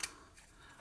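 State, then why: Seated. A modified plastic escape pod, fitted with added thrusters and small greeble details, is pushed into the back of a Micro Galaxy Squadron B-wing toy starfighter, giving one sharp, bright snap at 0.0 s followed by quiet. The pod seats and is held by friction alone with no screw, and it lacks its usual clicky lock because the small black locking piece was removed.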